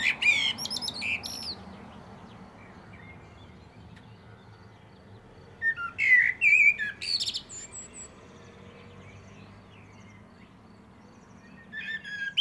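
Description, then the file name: Common blackbird song: short fluted warbles with chattering high endings, heard at the start, around six seconds, and again at the close, amid soft background noise. "Turdus merula"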